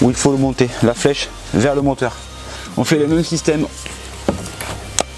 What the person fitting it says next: il y est vous avez entendu claque